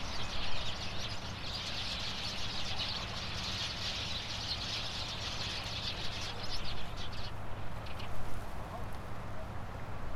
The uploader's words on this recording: Gujia Island Shore Birds. Gujia Island’s small dock, everyday people bring their harvest in sea back and the women on the shore count and sort the shrimp and fish. The birds are twittering in the trees.